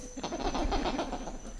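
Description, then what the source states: Black lemur calls: a quick run of short, harsh pulsed bursts for about a second, over a constant low rumble. Response to raptor playback; recorded at Ambato.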